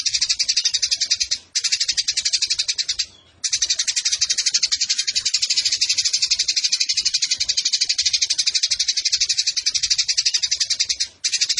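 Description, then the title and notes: Eurasian tree sparrow chattering song, a dense, fast, high-pitched twittering that runs almost nonstop, broken by three brief pauses. Long, clear-voiced fighting chatter ('tarung'), used as master tutor song ('masteran') for training birds for song competitions. "GEREJA TARUNG NEMBAK PANJANG SUARA JERNIH MASTERAN WAJIB BURUNG LOMBA. Burung Gereja"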